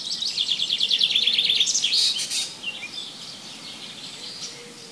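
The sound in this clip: Bird song: a fast high trill of evenly repeated notes ending in a sharp flourish, then quieter twittering in the background.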